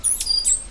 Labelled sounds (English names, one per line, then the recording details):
Stitchbird song
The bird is a male
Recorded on Tiritiri Matangi Island, New Zealand, in 2005
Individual 8, of nest box 10